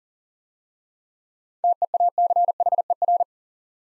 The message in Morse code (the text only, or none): TEACHER